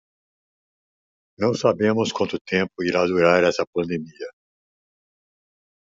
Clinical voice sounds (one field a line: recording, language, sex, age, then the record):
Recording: short text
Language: Brazilian Portuguese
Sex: male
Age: 70 to 79 years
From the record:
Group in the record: control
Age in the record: 70 years